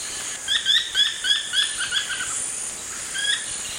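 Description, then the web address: Brownish twistwing calling in a quick series of short, clipped notes that fade off, then one more note after a pause, with a constant insect hum behind. Recorded in the eastern lowlands of South America. "Natures Songs S America Eastern Lowlands. Brownish Twistwing"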